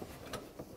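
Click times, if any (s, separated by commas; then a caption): none. A metal lower inlet transmission cooler line on a 1994-2004 Chevy S-10 is being handled at the radiator's quick-connect fitting, which has its wire retaining clip fitted. Low handling noise is broken by a brief, sharp, bright tick at about 0.3 s and a softer one near 0.6 s. Nothing has seated or clicked into the fitting yet.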